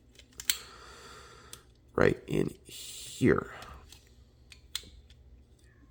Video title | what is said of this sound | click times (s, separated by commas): Transformers Studio Series Leader Age of Extinction Optimus Prime Review. | And they just kind of lock into place in the backpack. | 0.5 s